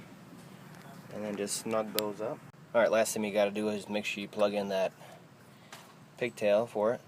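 On a 2005-2011 Ford Focus 2.0L Duratec engine during spark plug replacement, the ignition coil bolts are snugged and the plastic electrical wiring harness pigtail connector is handled toward the ignition coil while someone talks. The connector has not yet been pushed home, so nothing has seated or clicked yet.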